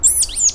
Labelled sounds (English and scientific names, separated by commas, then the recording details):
Stitchbird (Notiomystis cincta) song
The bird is a male
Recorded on Tiritiri Matangi Island, New Zealand, in 2005
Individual 1, of nest box 1